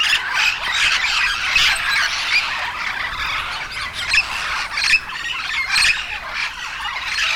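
Yellow-shouldered parrot squawking, harsh grating calls in near-constant succession, with several louder abrupt shrieks standing out near the middle and end.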